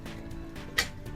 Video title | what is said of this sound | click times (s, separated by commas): G&P Mk23 Stoner 63 Wolverine Airsoft Gun SMP Conversion breakdown | hold these connectors to the side here and it should snap right into place | 0.8 s